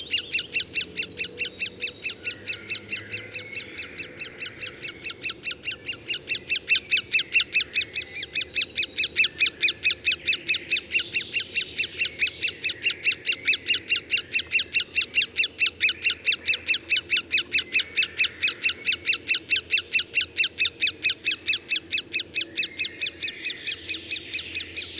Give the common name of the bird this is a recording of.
Great Spotted Woodpecker